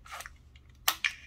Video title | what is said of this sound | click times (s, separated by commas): Nintendo Switch OLED: How to Setup + Tips (step by step) | make sure it's locked you heard that click | 0.9 s